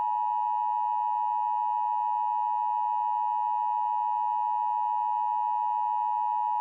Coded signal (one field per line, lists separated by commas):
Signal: Emergency Alert System (SAME) tones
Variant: 853 and 960 Hz attention tone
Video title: EAS Short Scenario 66 : Stamford CT Wedge